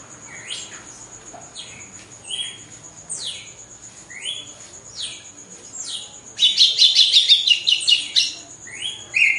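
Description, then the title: Red-cowled cardinal song: quieter sweeping whistled notes for several seconds, then a loud rapid trill, over a constant high-pitched hum. Female bird; recorded after the moult; song in a singing contest. "Canto Galo Campina Fêmea. GALO DE CAMPINA DEPOIS DA MUDA (disputa)"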